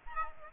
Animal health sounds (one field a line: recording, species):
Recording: mosquito wingbeat signal from an infrared sensor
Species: Aedes aegypti